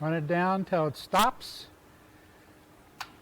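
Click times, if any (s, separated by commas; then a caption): 3.0 s. A threaded borescope plug is run down with a wrench on a 3/8 inch extension into a port on a GEnx jet engine case, while someone talks. A single sharp tick at 3.0 s marks the plug stopping as its locking device engages, seating the plug.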